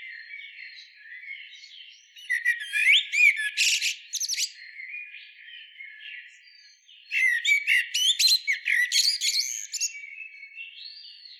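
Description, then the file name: Common blackbird singing two long phrases, each a fluted warble rising into dense, shrill twittering, with faint soft warbling in the pauses. "Turdus merula"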